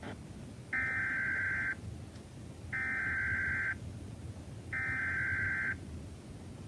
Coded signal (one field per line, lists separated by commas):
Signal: Emergency Alert System (SAME) tones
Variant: header bursts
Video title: EAS SVR (From LUB) 3/5/26 7:55 PM CST (Credit Goes To @SouthernPennsylvaniaWX/@KanawhaCountyWX)